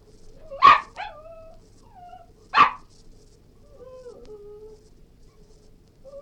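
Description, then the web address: Cairn terrier giving two loud, sharp barks about two seconds apart, each followed by soft, thin whines that slide downward in pitch. Yelping, whining and barking. "BBC Cairn T"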